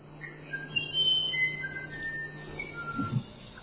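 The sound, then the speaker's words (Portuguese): An uirapuru bird guarding its territory sings in a forest in response to a played recording of its song: clear, whistled notes, a series of pure flute-like tones shifting in pitch, moderately loud over a steady low hum, with no voices. “Continuamos reproduzindo a gravação e o passarinho que guarda território surge do nada procurando o suposto invasor.”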